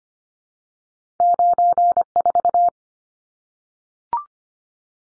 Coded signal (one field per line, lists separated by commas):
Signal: Morse code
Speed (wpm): 25 wpm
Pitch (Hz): 700 Hz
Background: none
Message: 94